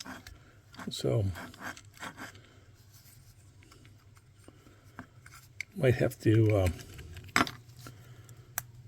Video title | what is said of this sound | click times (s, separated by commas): #DiecastGraveyard Super Huge Ginormous Phase 3 Snack Condiment Build | push there we go snap that down wasn't snap down all the way | 7.4 s, 8.6 s